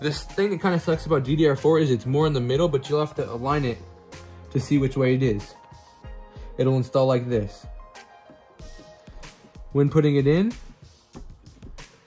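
A DDR4 memory stick is lined up with the key of a motherboard DIMM slot, whose notch sits near the middle, to find the right orientation before it is pushed down. Someone talks over background music, with a few faint taps and knocks near the end. The stick has not seated or clicked yet.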